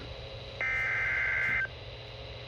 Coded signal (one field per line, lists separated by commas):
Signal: Emergency Alert System (SAME) tones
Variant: header bursts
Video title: EAS #21 (Special Marine Warning, 7/5/2026)